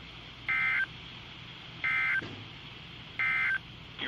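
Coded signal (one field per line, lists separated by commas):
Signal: Emergency Alert System (SAME) tones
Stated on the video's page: Required weekly tests from two NOAA Weather Radio stations, one with station ID; second received with a weak, hard-to-lock signal.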